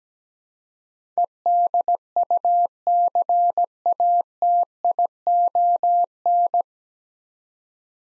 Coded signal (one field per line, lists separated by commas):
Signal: Morse code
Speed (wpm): 17 wpm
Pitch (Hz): 700 Hz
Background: none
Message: EDUCATION